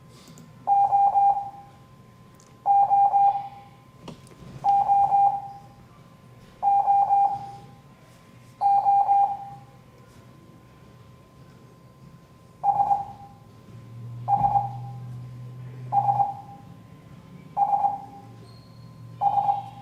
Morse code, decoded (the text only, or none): OOOOO SSSSS